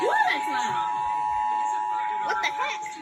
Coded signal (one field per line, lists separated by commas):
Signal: Emergency Alert System (SAME) tones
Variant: 853 and 960 Hz attention tone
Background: speech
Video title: LOTS OF TESTS| EAS #306-316